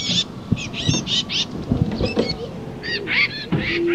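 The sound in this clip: Titmouse calling: short bursts of high, arched notes with gaps between them, plus a few low tones and knocking sounds.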